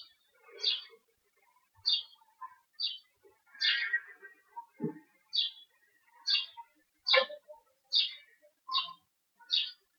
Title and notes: Aplausos y pájaros. Paisaje sonoro de Murcia. España, durante la cuarentena.